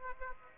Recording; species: mosquito wingbeat signal from an infrared sensor; Aedes aegypti